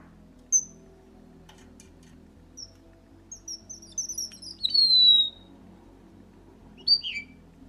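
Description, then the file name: Red avadavat giving high isolated squeaks, then a quick run of tinkling notes gliding into a long descending whistle, and a final brief falling phrase, over a faint hum. "Bengali vermelho"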